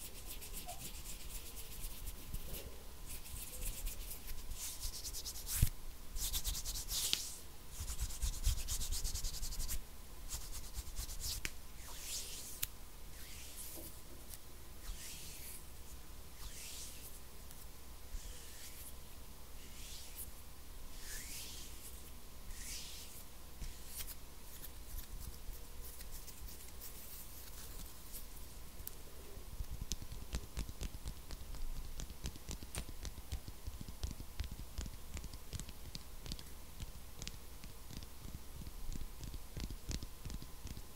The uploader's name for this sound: INTENSE HAND SOUNDS